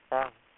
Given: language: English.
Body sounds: throat vibration sensor signal played as sound; speech

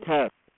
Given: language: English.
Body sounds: throat vibration sensor signal played as sound; speech

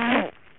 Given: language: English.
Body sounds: throat vibration sensor signal played as sound; throat clearing

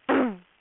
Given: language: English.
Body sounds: throat vibration sensor signal played as sound; throat clearing

